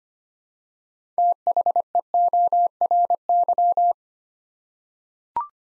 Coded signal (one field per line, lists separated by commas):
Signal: Morse code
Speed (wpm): 25 wpm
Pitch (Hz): 700 Hz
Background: none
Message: THEORY